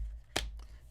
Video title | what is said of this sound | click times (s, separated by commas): Best And Worst Cases For Samsung Galaxy S24 Plus | fits the phone really well snaps into place very solid feels good in hand again it's got that | 0.4 s